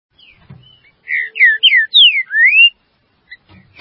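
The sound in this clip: Green-winged saltator song: a short phrase of several loud, clear whistles, mostly slurring down, the last rising, with a faint hum beneath.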